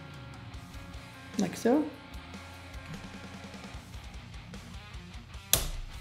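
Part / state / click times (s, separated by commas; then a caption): piston ring into piston groove / seated / 5.5 s. During a 76cc big bore kit install on a Yamaha C3, a piston ring is worked into its groove on the piston while music plays and someone talks. A sharp, loud snap at 5.5 s marks the ring seating in the groove. The ring is then twisted to check that it is fully seated.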